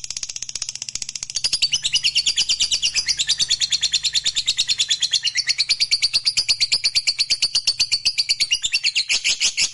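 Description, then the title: Lovebird chattering song: a fast, continuous stream of shrill high chirps that builds after a quieter start and keeps up a steady rapid rhythm throughout. Fighter-type lovebird, gacor (singing energetically). "Berkat SUARA Lovebird FIGHTER GACOR Ini"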